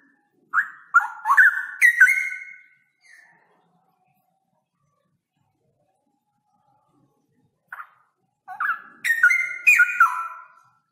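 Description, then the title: Straw-headed bulbul song: two bursts of loud, gurgling whistled phrases separated by a long pause with only a few single notes. Male, singing loudly with long trills. "Cucak ROWO Jantan GACOR Suara Lantang ROoo EL Panjang"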